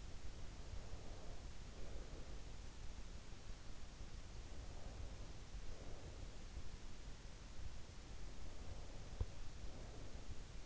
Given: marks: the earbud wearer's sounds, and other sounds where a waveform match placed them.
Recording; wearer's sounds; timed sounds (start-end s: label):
sounds in sleep by an in-ear microphone; breath
0.00-2.80 s: breath
4.32-6.68 s: breath
8.07-10.66 s: breath